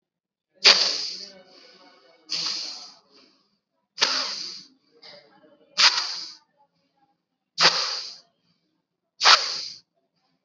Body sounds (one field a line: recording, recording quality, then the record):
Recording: deep breathing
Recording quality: excellent, no background noise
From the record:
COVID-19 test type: RT-PCR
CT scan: not taken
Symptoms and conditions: cough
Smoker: no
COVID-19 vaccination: both doses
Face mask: worn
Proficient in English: yes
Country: India